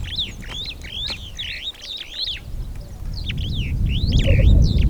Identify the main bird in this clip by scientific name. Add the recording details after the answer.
Lamprotornis superbus. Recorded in Kenya